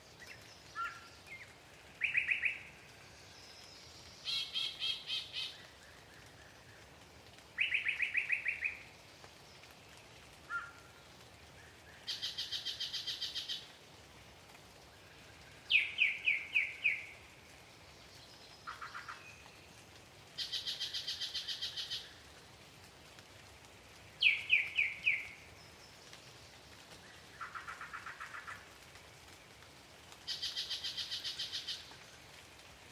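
Birds sing in a dawn chorus outdoors, with clear phrases arriving every few seconds over a quiet, faintly hissing background. Some songs are bright buzzy trills, others descending chirps or rapid stuttered notes, a few loud, others softer.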